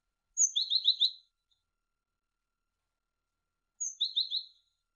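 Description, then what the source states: Great tit singing two phrases, each opening with a thin high note followed by a few quick, evenly repeated whistled notes, about three seconds apart. Masteran recording, used as training audio to teach songbirds.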